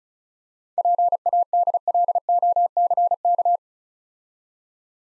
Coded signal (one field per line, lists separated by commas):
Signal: Morse code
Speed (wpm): 38 wpm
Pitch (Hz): 700 Hz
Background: none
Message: PADLOCK